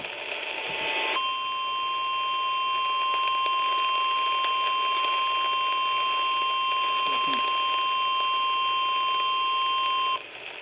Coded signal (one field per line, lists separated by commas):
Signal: Emergency Alert System (SAME) tones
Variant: 1050 Hz attention tone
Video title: I JUST TO BE A WATCH AND THEN A WARNING… EAS Alerts from 4/15/23 (EAS#180 & #213)